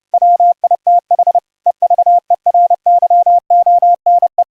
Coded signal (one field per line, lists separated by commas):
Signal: Morse code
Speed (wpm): 30 wpm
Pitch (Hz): 700 Hz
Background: none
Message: WITH EVERYONE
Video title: Morse Code audio QSO over the internet using the GOSH.IO website & your WEBrtc enabled browser